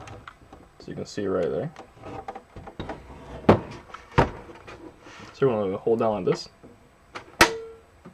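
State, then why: Released. Someone talks while holding down the cover release tab on a Dell OptiPlex 7050 desktop PC case, with a few sharp knocks along the way. At 7.4 s the case cover latch gives a loud click as it releases open.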